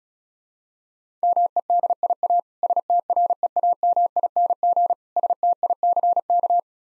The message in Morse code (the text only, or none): MEDIA STREAMING STICK